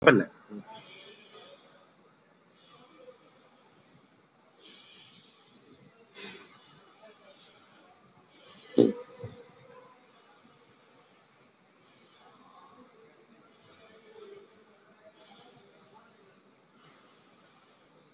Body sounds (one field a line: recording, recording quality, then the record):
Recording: deep breathing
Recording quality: excellent, no background noise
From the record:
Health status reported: COVID-19 positive, mild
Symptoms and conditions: loss of smell and taste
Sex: male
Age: 22 years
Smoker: not ticked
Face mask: worn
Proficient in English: yes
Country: India